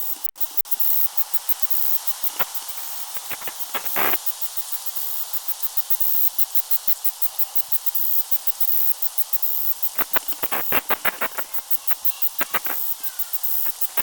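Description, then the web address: Cicada song with fast repeated clicks over a constant hissing background. "cicadidae tibialis"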